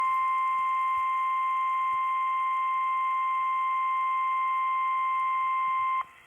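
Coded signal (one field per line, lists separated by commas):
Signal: Emergency Alert System (SAME) tones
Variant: 1050 Hz attention tone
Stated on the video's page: Severe thunderstorm warning from NOAA Weather Radio, received online.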